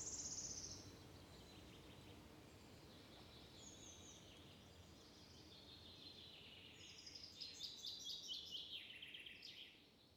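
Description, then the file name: Common chaffinch song, faint: a brief high note, then a descending trilled phrase near the end over a constant background hiss. "Fringilla coelebs"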